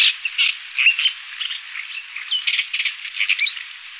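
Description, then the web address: Tiger shrike scratchy song, a busy run of short harsh chattering notes and brief squeaky whistles, mixed and uneven throughout. "lanius tigrinus"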